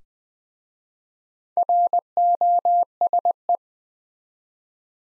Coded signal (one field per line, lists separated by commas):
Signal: Morse code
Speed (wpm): 20 wpm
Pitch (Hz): 700 Hz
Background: none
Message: ROSE